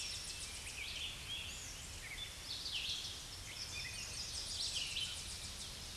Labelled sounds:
Red-eyed Vireo song
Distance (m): 35 m
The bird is about 20 m above the microphone
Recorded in a Pennsylvania forest on 16 May 2024 at 07:14
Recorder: AudioMoth, point MSD-2095
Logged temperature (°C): 16.3 °C
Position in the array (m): 167 m, 70 m

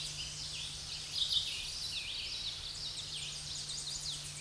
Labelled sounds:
Common Yellowthroat song
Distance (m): 40 m
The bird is about 5 m above the microphone
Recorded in a Pennsylvania forest on 16 May 2024 at 07:55
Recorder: AudioMoth, point MSD-2110
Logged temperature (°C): 16.4 °C
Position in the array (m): 51 m, 141 m

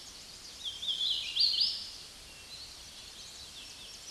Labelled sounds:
Hooded Warbler song
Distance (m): 40 m
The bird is about 15 m above the microphone
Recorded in a Pennsylvania forest on 16 May 2024 at 06:14
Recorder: AudioMoth, point MSD-0215
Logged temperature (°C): 16.1 °C
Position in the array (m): 11 m, 153 m

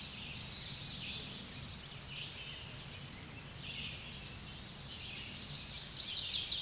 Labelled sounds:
American Redstart song
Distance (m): 45 m
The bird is about 20 m above the microphone
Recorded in a Pennsylvania forest on 16 May 2024 at 07:00
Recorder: AudioMoth, point MSD-2305
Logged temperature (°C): 16.9 °C
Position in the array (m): 50 m, 231 m

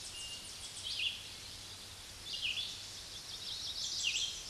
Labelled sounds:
Red-eyed Vireo song
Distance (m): 30 m
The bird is about 20 m above the microphone
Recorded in a Pennsylvania forest on 16 May 2024 at 06:41
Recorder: AudioMoth, point MSD-2095
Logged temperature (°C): 16.3 °C
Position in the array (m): 164 m, 73 m

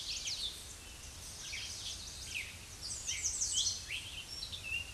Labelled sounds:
American Redstart song
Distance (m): 15 m
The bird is about 5 m above the microphone
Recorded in a Pennsylvania forest on 16 May 2024 at 06:52
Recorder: AudioMoth, point MSD-2345
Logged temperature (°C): 15.5 °C
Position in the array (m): 124 m, 212 m

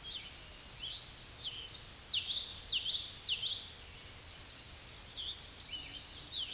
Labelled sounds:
Common Yellowthroat song
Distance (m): 10 m
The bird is about 5 m above the microphone
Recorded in a Pennsylvania forest on 16 May 2024 at 09:34
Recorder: AudioMoth, point MSD-1342
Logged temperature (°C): 15.5 °C
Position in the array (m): 222 m, 192 m

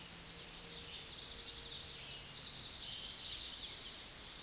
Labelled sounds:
Chestnut-sided Warbler song
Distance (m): 35 m
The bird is about 5 m above the microphone
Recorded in a Pennsylvania forest on 16 May 2024 at 06:07
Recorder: AudioMoth, point MSD-1418
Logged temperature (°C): 16.4 °C
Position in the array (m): 181 m, 173 m

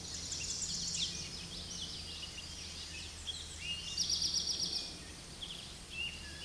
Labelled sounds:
Eastern Towhee song
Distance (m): 20 m
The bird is about level with the microphone
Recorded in a Pennsylvania forest on 16 May 2024 at 08:06
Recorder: AudioMoth, point MSD-1360
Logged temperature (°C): 14.8 °C
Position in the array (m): 184 m, 195 m

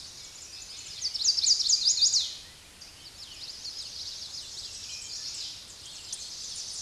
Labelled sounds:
Chestnut-sided Warbler song
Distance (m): 15 m
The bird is about 5 m above the microphone
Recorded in a Pennsylvania forest on 16 May 2024 at 06:58
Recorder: AudioMoth, point MSD-2443
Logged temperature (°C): 16.4 °C
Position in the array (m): 170 m, 179 m

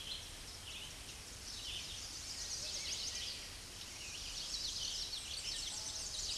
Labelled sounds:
Common Yellowthroat song
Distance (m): 60 m
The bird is about 10 m below the microphone
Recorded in a Pennsylvania forest on 16 May 2024 at 07:11
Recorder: AudioMoth, point MSD-2040
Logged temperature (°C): 15.3 °C
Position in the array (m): 38 m, 147 m

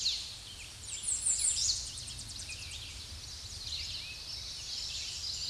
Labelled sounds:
American Redstart song
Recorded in a Pennsylvania forest on 16 May 2024 at 06:52
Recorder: AudioMoth, point MSD-2273
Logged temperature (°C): 16.0 °C
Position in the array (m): 49 m, 224 m

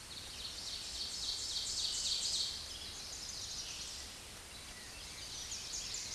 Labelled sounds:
Ovenbird song
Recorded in a Pennsylvania forest on 16 May 2024 at 07:34
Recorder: AudioMoth, point MSD-0475
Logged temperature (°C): 12.3 °C
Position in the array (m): 168 m, -24 m

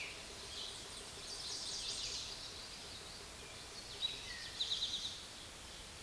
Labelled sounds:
Eastern Towhee song
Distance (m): 35 m
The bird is about 5 m above the microphone
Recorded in a Pennsylvania forest on 16 May 2024 at 06:08
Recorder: AudioMoth, point MSD-2287
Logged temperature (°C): 11.2 °C
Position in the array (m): 108 m, 6 m

